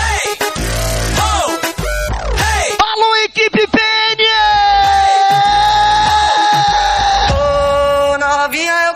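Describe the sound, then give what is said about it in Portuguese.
A crowd screams at a live show in Mãe do Rio on 9 July 2017: loud, sustained high-pitched wails that swoop up and down in pitch over a thumping low beat, with short breaks before the shrieking resumes. “O gritinho vai!”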